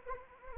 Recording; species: mosquito wingbeat signal from an infrared sensor; Anopheles arabiensis